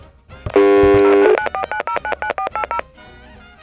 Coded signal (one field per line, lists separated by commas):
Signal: DTMF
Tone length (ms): 90 ms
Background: music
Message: 949099480